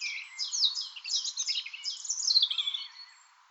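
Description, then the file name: European robin song, a dense run of high thin warbled and trilled notes with sliding whistles, fading out near the end. "Erithacus rubecula"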